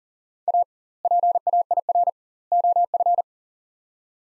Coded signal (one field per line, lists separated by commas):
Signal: Morse code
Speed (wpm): 37 wpm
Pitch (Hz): 700 Hz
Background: none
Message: A PAIR OF